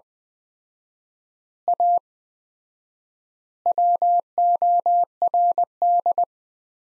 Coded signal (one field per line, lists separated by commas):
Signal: Morse code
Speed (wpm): 20 wpm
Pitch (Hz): 700 Hz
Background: none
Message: A WORD